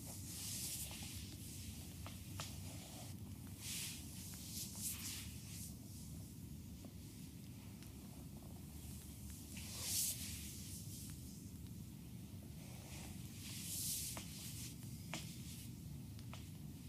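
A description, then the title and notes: A neck massage, heard as soft rubbing and brushing strokes that come as bright, hissy swishes every second or two, with stronger ones near 10 and 14 seconds. A steady low rumble sits underneath throughout, close and continuous. ASMR neck massage by Olga. Sports technique.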